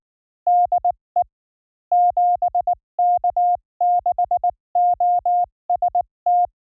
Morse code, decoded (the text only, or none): DE 7K6OST